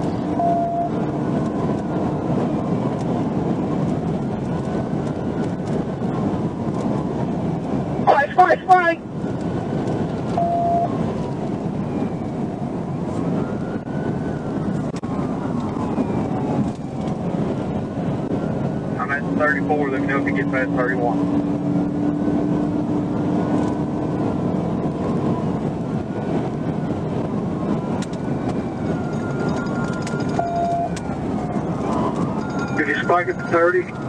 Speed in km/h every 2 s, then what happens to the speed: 177, 177, 177, 177, 179, 177, 158, 159, 163, 166, 171, 175, 175, 169, 159, 135, 124.
0-11 slows to 158. 24-34 brakes to 124.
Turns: none.